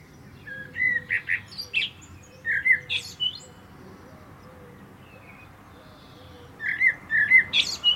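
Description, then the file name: Common blackbird singing: fluted warbled phrases broken by high scratchy notes, a quiet gap, then another phrase. "Turdus merula"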